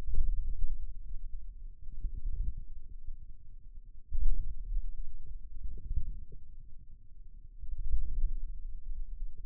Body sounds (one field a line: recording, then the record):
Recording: forearm muscle sounds (acoustic myography)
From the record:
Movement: inward rotation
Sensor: system 2, bracelet of six BSWA MPA416 microphones around the upper forearm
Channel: 3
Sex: male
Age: 22 years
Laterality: right